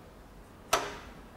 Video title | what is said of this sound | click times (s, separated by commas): Capital Culinarian Oven Door Removal | it all the way to unlock it | 0.7 s